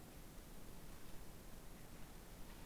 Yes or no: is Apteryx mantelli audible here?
no